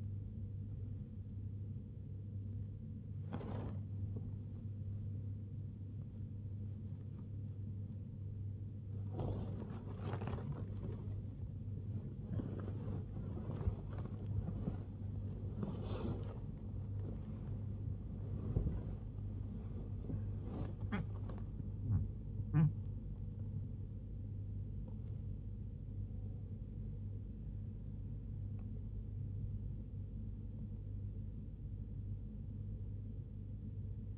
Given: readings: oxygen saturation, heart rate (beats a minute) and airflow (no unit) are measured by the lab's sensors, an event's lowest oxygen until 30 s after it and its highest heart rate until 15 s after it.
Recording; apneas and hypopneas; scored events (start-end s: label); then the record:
a person awake in a sleep study, by a smartphone at the bedside; none
0.00-34.18 s: awake
From the record:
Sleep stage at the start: awake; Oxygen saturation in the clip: 94 to 95%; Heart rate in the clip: 59 to 83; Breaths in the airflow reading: 11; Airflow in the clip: -1.8 to 1.3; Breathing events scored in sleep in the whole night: 101 in 7.3 hours asleep